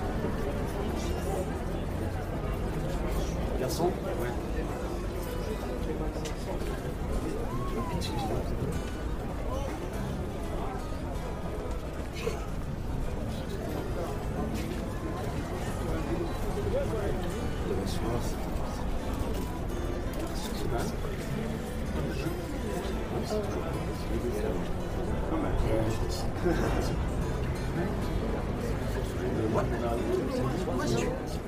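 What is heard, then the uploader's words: Parisian cafe ambiance with people talking throughout, a steady blend of overlapping voices and murmur. The sound stays dense and even, weighted toward low and middle tones, with occasional brief clinks and knocks, and a faint traffic rumble underneath. Parisian Cafe Ambiance. Atmosphere of a Parisian cafe on a late night drinking a warm cup of coffee people talking.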